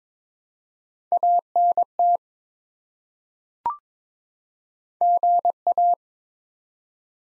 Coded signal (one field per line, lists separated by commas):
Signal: Morse code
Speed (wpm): 22 wpm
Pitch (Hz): 700 Hz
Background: none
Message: ANT GA